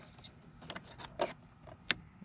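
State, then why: Seated. A sensor cord's plug, already routed through a hole, is pushed into its mating wiring connector and flipped into place, with faint handling rustles and taps beforehand. A single sharp snap at 1.9 s marks the sensor connector seating fully in place.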